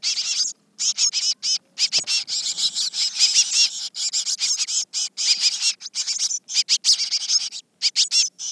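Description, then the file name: Eurasian blue tit giving a rapid stream of high, scratchy churring notes in quick bursts with brief pauses, nearly continuous throughout. "Cyanistes caeruleus"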